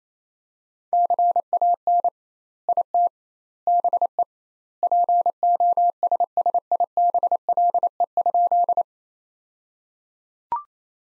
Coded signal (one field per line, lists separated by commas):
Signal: Morse code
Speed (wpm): 27 wpm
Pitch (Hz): 700 Hz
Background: none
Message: CAN IT BE POSSIBLE?